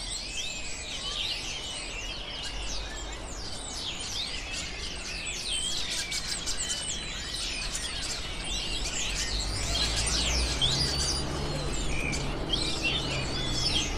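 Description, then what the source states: Birds: bird chorus of many overlapping high chirps, trills and sliding whistles, continuous throughout, over a constant low background rumble. Birds recorded in a city.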